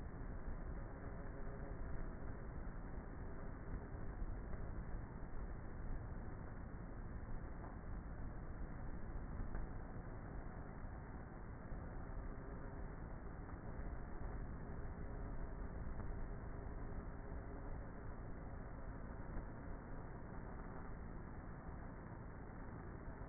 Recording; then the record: honeybee colony, microphone inside the hive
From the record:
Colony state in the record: queenless with a low population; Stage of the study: before two queens were removed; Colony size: about 30,000 bees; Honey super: no